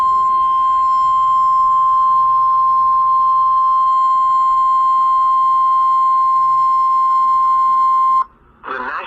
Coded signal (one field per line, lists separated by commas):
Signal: Emergency Alert System (SAME) tones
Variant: 1050 Hz attention tone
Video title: Severe Thunderstorm Warning & Tornado Warning on WXK85 (EAS Alerts: #43-44) - 5/20/19